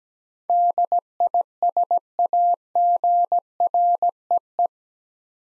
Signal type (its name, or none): Morse code